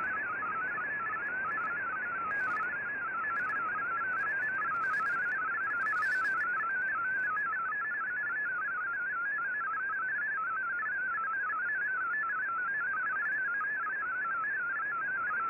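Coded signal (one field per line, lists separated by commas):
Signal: multi-tone FSK (Olivia or MFSK type)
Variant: MFSK32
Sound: continuous warbling single tone hopping quickly between pitches, like fast bubbling melody, with hiss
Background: radio static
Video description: Here is my decode of the Shortwave Radiogram broadcast today on 15770Khz shortwave radio at 1300UTC in MFSK32 and 64 with 10 SSTV images.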